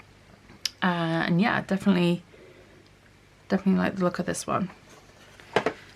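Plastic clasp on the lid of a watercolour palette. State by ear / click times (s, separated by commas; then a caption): seated / 5.6 s. Someone talks while the lid of a plastic 33-well watercolour palette is closed and its plastic clasp pressed shut. A sharp click at 5.6 s is followed by a second click just after, and the clasp is heard clicking into place, sealing the palette closed.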